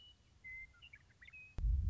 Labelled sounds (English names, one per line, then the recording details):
Western Meadowlark
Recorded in Sonoma County, California